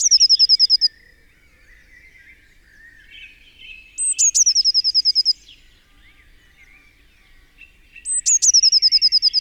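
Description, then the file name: Eurasian blue tit song: a high thin note followed by a fast trill of repeated notes, heard three times, the first cut short at its start, with quieter twitters in the background. "Cyanistes caeruleus"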